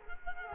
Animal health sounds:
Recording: mosquito wingbeat signal from an infrared sensor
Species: Culex quinquefasciatus

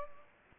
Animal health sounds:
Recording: mosquito wingbeat signal from an infrared sensor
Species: Anopheles gambiae

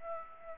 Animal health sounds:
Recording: mosquito wingbeat signal from an infrared sensor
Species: Aedes aegypti

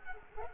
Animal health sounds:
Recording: mosquito wingbeat signal from an infrared sensor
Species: Culex quinquefasciatus

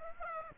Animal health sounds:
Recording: mosquito wingbeat signal from an infrared sensor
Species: Aedes aegypti

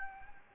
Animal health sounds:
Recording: mosquito wingbeat signal from an infrared sensor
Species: Anopheles gambiae

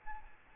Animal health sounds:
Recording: mosquito wingbeat signal from an infrared sensor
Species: Aedes albopictus

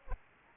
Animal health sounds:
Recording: mosquito wingbeat signal from an infrared sensor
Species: Aedes albopictus

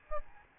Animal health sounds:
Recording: mosquito wingbeat signal from an infrared sensor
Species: Aedes albopictus

